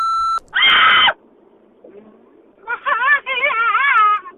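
An answering machine's recorded messages play back from a tape player: a short, steady electronic beep, then a harsh burst of noise, a brief lull, and a warbling, wavering voice-like sound that rises and falls.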